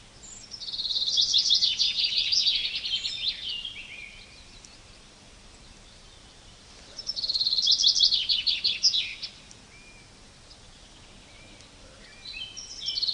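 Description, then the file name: Common chaffinch song: two full bright, rattling phrases tumbling downward and ending in a flourish, about six seconds apart, with a third starting at the end. "Fringilla coelebs"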